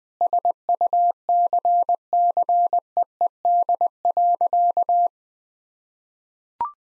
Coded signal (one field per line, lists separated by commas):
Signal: Morse code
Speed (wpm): 20 wpm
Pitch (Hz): 700 Hz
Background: none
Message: SUCCEED.